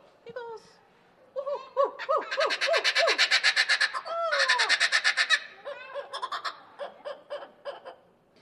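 Kookaburra laughing call: hooting chuckles rising into a loud, rapid cackling chorus, then easing back to bubbling hoots.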